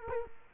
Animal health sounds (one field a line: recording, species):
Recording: mosquito wingbeat signal from an infrared sensor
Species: Culex quinquefasciatus